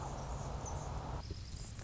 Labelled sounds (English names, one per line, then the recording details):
Anna's Hummingbird
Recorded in Sonoma County, California